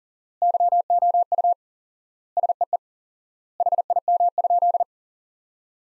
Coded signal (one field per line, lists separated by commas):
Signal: Morse code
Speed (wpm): 40 wpm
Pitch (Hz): 700 Hz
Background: none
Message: YOU SEE HIM?